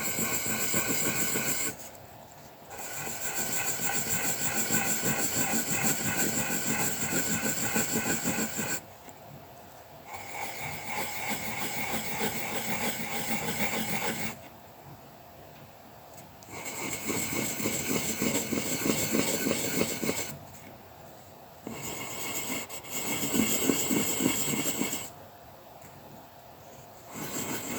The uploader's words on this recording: Sounds of colouring pencil work and paper massage. Colouring the soft, circular puffs of sheep’s wool, with some wobbles thrown.